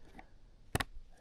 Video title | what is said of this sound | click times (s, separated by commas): Cleaning My Stoeger M3020 | saw it click right there just perfectly now it's in there all the way and it won't come out cuz it'll stop right there | 0.8 s